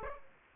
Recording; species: mosquito wingbeat signal from an infrared sensor; Aedes aegypti